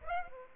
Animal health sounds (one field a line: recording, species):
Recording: mosquito wingbeat signal from an infrared sensor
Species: Aedes aegypti